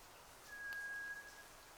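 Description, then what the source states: White's thrush song: a single pure, level whistle of under a second, thin and unwavering, set against a soft background hiss. Recorded at night, 02:44, on 31 May 2009.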